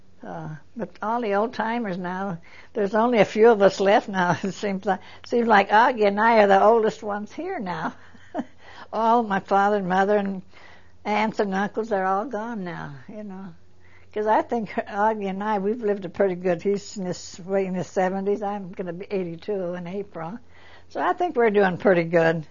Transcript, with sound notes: All the old-timers now, there's only a few of us left now, seems like, seems like Augie and I are the oldest ones here now. (she laughs) All my father and mother and aunts and uncles are all gone now, you know, because I think Augie and I, we've lived a pretty good, he's in his, late in his seventy's, I'm going to be eighty-two in April, so I think we're doing pretty good.